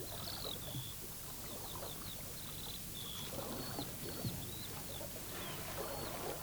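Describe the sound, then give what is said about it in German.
Riverside ambience on an early summer evening by the river at Adorf: a steady wash of flowing water fills the background while a bird repeats short, high chirps and whistles throughout, with no voices. “Bürgermeister Ehlers und seine Frau gehen am Fluss spazieren.”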